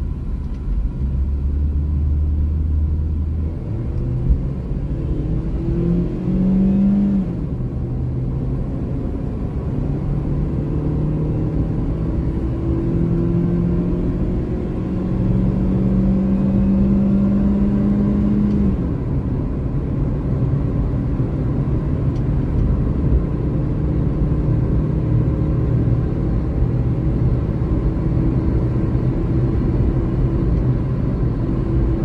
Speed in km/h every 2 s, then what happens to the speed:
26, 36, 52, 62, 72, 80, 89, 96, 102, 106, 110, 115, 119, 123, 126, 127.
0-32 speeds up to 127.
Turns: none.